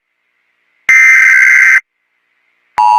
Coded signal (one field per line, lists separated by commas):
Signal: Emergency Alert System (SAME) tones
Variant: header bursts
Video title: EAS Scenario: SCP 096